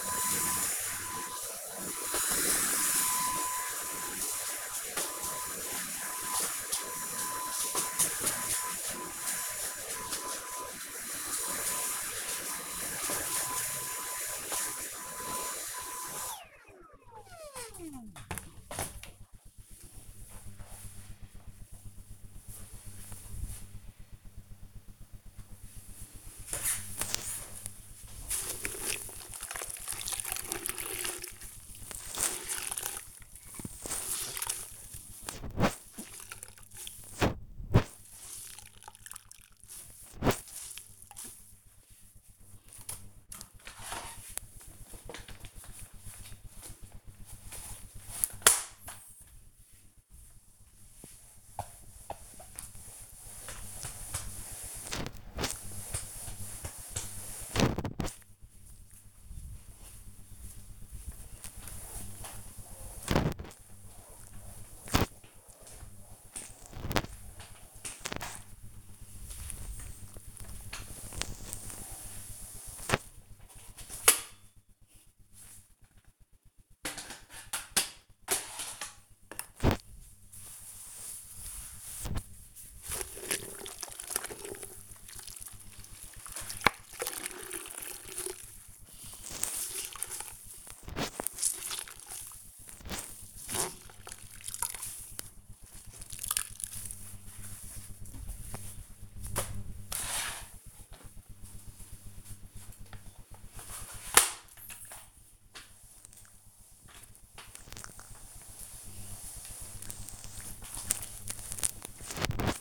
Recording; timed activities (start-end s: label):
household activities, microphone on the right wrist
0.00-16.15 s: vacuum cleaning
25.21-112.61 s: floor cleaning